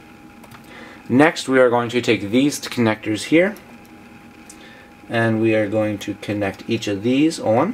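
During an iPhone 4 screen reassembly, two small flex-cable press connectors are handled before being pushed onto their sockets on the logic board. Someone talks throughout, with a couple of faint ticks from handling. Nothing has seated or clicked yet.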